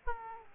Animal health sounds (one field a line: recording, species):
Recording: mosquito wingbeat signal from an infrared sensor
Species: Aedes aegypti